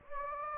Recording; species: mosquito wingbeat signal from an infrared sensor; Anopheles gambiae